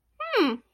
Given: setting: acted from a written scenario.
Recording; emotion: vocal sound without words; pride